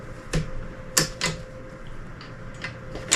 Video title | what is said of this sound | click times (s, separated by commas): From Crutches to Cruise Mode - FVZZIN Knee Scooter Unboxing & Assembly - Nuts About Cars at Home | Really just snaps into place. | 1.0 s